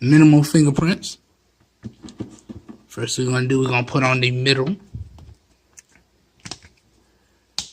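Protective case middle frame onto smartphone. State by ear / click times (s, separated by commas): seated / 7.6 s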